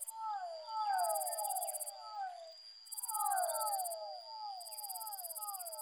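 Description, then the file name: Fischer's dwarf frog whines: falling, slurred notes in repeated chorus-like bursts, with a loud pulsed high-pitched buzz switching on and off and a constant tone. Soundscape composition built from amphibian vocalizations of the species. "soundscape with amphibian vocalizations of physalaemus fischeri"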